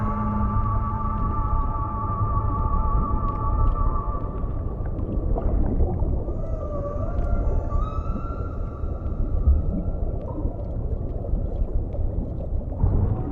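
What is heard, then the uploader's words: Muffled oldies music plays underwater, heard as long wavering tones that hold steady for the first few seconds, then bend and slide in pitch after the middle. A thick, constant low rumble and murky churning sit underneath throughout at an even level. Oldies music playing underwater in City.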